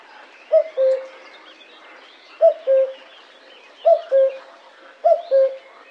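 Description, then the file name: Common cuckoo repeating its descending two-note cu-coo four times, spaced one to two seconds apart, with other small birds twittering quietly in the background. "cuculo"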